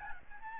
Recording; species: mosquito wingbeat signal from an infrared sensor; Aedes albopictus